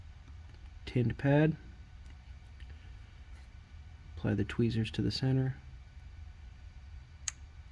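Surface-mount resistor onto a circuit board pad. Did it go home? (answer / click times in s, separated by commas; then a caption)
yes / 7.3 s. A tiny surface-mount resistor is held with tweezers onto a heated, tinned pad on a circuit board until the solder melts. Someone talks over a quiet background. The resistor drops into place and seats with a single sharp little click at 7.3 seconds.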